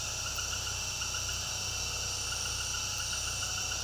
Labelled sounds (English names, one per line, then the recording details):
none
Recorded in pastures near Puerto Asís, Putumayo, Colombia, on 21 February 2024 at 18:30
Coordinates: 0.486, -76.323
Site G6462